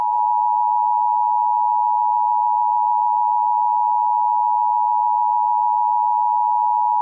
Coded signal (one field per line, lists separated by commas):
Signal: Emergency Alert System (SAME) tones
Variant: 853 and 960 Hz attention tone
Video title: EAS Scenario: Prehistoric Pandemonium (Part 1: The Great Escape)